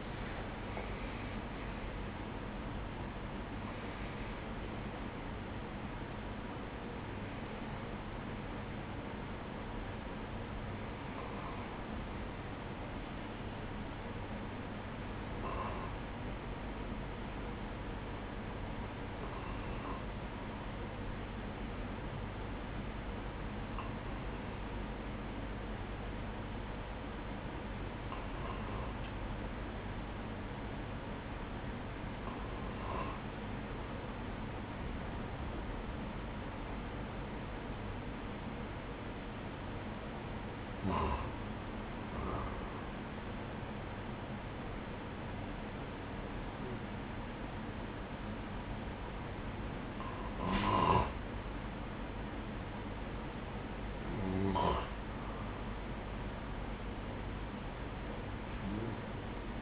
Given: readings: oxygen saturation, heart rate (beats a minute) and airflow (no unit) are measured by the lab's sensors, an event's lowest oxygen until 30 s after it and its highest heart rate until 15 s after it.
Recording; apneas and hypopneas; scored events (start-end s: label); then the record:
breathing in sleep by a voice recorder at the bedside; none
0.00-18.00 s: awake
17.00-47.00 s: new sleep stage, N1 (lightest sleep)
47.00-59.62 s: new sleep stage, N2 (light sleep)
From the record:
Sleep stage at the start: awake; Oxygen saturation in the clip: 92 to 98%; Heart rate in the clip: 59 to 83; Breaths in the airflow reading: 15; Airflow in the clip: -11.6 to 19.6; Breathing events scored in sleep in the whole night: 180 in 6.7 hours asleep